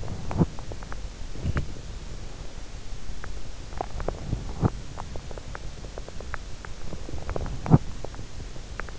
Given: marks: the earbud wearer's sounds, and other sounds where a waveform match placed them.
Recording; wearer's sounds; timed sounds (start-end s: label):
sounds in sleep by an in-ear microphone; teeth grinding
0.00-1.00 s: teeth grinding
1.26-1.80 s: teeth grinding
3.68-4.74 s: teeth grinding
4.93-6.43 s: teeth grinding
6.82-8.37 s: teeth grinding